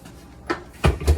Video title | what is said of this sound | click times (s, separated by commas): Dean's Bestest Chicken Salad | We're going to turn that lid till it snaps down. Just like that. Right there. | 0.8 s